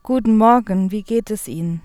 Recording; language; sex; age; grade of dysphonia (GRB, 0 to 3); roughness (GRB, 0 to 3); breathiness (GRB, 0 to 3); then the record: spoken sentence; German; female; 20 to 29 years; 0; 0; 0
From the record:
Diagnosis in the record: healthy voice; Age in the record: 29 years